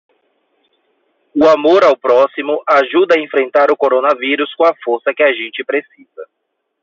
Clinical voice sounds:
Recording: spoken sentence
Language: Brazilian Portuguese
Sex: male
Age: 30 to 39 years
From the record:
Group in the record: control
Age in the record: 34 years

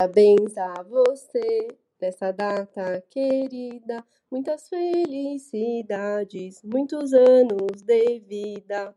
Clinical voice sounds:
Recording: short text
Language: Brazilian Portuguese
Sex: female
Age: 20 to 29 years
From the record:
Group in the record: control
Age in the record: 29 years

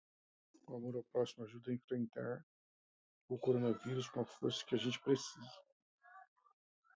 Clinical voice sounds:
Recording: spoken sentence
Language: Brazilian Portuguese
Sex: male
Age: 50 to 59 years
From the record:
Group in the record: control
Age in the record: 52 years

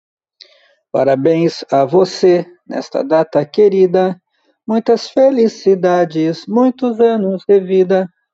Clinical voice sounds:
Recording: short text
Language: Brazilian Portuguese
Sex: male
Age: 50 to 59 years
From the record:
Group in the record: control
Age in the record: 51 years

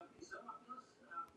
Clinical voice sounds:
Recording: spoken sentence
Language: Brazilian Portuguese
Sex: female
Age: 60 to 69 years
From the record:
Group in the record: control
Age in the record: 62 years

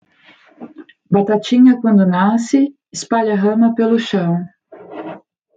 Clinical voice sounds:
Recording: short text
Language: Brazilian Portuguese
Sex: female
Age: 30 to 39 years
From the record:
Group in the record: control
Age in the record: 33 years

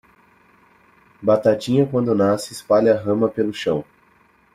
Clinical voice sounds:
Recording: short text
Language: Brazilian Portuguese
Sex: male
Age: 20 to 29 years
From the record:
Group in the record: control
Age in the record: 23 years

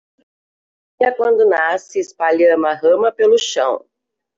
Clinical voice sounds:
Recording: short text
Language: Brazilian Portuguese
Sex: female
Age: 50 to 59 years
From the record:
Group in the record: control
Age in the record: 52 years

